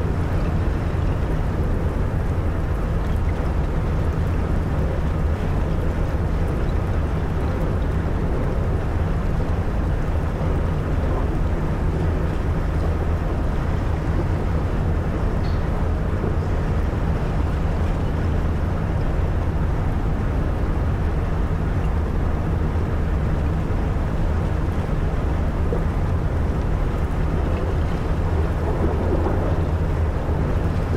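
An icebreaker ship sails through frozen sea, heard as a steady, dense engine rumble with strong low droning bands that hold constant throughout. A rough grinding wash sits over the drone, with faint scattered crackles, and nothing changes over the thirty seconds.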